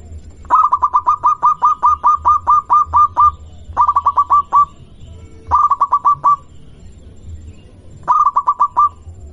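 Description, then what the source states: Zebra dove song opening with a long rapid string of staccato coos, then three shorter bursts of the same fast, level notes, with low hum beneath. Local strain of zebra dove.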